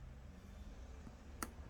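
A charging port flex cable connector on an iPhone 6s Plus (or a similar iPhone 6, 6 Plus, or 6s) is pressed onto its logic board socket after it first would not line up. Over a quiet low hum, a single sharp click sounds at 1.4 seconds as the connector seats.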